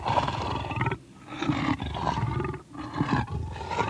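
Leopard rasping calls, several harsh grunting bursts separated by short pauses.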